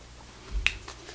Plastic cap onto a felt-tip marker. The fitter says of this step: sure you tap your markers until it snaps